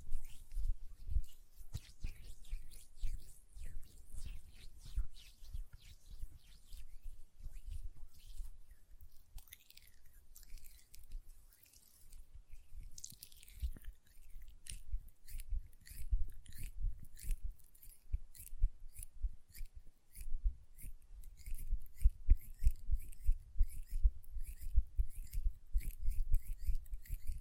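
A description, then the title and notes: Nail tapping and hand sounds in quick, crisp clicks that come in dense bursts throughout, turning especially fast and regular after about fifteen seconds. Between the taps are soft rubbing and sticky swishes, with a low thumping underneath much of the time. ASMR Hand Sounds, Nail Tapping and Lotion Sounds (No Talking).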